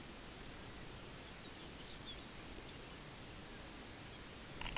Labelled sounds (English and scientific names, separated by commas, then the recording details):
Lapland Longspur (Calcarius lapponicus), unidentified sound
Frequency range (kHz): Lapland Longspur (Calcarius lapponicus) 2.2-5.3 kHz
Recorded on Arctic tundra, site UTQI-5, on 14 June 2019
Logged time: 14:00